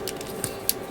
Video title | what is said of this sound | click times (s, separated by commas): *GundamModels* MG RX-78-2 Gundam 3.0 - Part 7 | Snaps into place. | 0.7 s